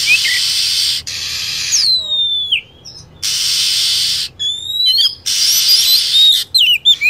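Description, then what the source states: Lovebird calls: sharp whistled notes sliding downward, alternating with long blocks of harsh hissing noise. Lure sound for attracting lovebirds.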